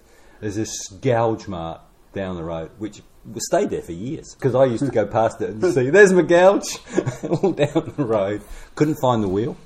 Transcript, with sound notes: There’s this gouge mark down the road, which stayed there for years, ‘cause I used to go past it and see… ‘There’s my gouge!’ [Chuckle] All down the road. Couldn’t find the wheel;